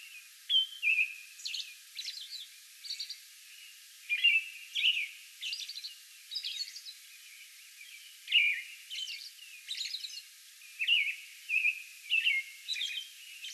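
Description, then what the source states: American robin singing a series of rich whistled phrases and squeaky high notes at a steady pace throughout. Song bout recorded May 11.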